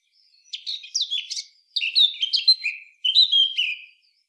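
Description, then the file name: Eurasian blackcap singing three quick runs of slurred, warbling whistles and scratchy chirps in close succession. "Sylvia atricapilla"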